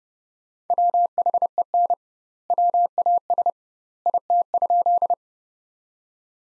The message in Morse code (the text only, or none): WHEN WAS IT?